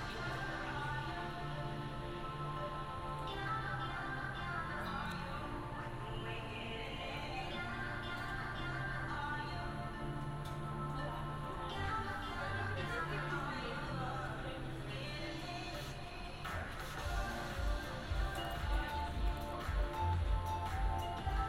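A binaural field recording from Amsterdam, with a dense, steady mix of voices and tonal sounds that shift in pitch throughout. The level stays fairly even, and after about sixteen seconds low thumps and knocks start coming in, repeating irregularly until the end.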